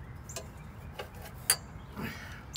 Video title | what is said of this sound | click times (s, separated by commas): Generac DIY Generator Oil change 6551 22KW Model 999 | should have a little clicking sound like that | 1.5 s